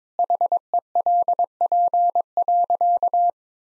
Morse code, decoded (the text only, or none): HELP.